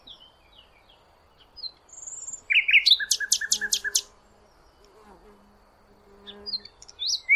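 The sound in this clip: Bird song with scattered soft notes, then a loud rapid burst of sharp repeated notes, over faint background hiss.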